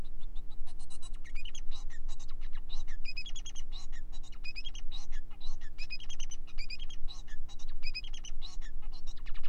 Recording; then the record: song of a male Bengalese finch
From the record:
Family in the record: son of father 4